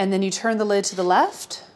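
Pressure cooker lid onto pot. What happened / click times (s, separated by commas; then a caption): Handled, not yet home: the lid has not clicked locked / none. A metal lid for a Fissler Vitavit pressure cooker is being turned to the left on the pot while someone talks. Nothing has clicked or locked into place yet, and the red indicator has not changed to green.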